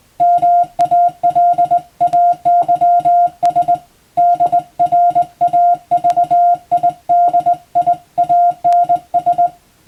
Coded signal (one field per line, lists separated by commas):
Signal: Morse code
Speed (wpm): 21 wpm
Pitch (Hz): 700 Hz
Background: music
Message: MALAYS DRAVIDIANS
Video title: 【Radio Officer morse practice】This is a Morse code practice video. There is a morse exam in japan.